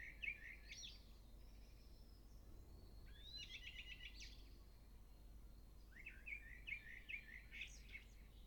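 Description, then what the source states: Nightingale singing varied phrases, including a fast rattling trill of repeated notes and whistled flourishes, broken by short silences, with constant low background rumble. Recorded in Stavanger.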